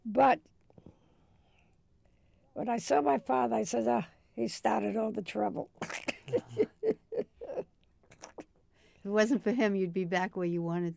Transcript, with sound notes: But when I saw my father, I says, "Ah, he started all the trouble!" [Laughs]
If it wasn't for him, you'd be back where you wanted to be?